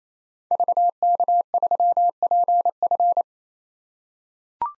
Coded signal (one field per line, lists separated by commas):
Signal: Morse code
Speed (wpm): 28 wpm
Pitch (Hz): 700 Hz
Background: none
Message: VK3PF